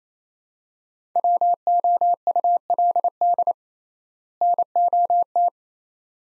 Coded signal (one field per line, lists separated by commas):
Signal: Morse code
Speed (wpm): 28 wpm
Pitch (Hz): 700 Hz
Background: none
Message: WOULD NOT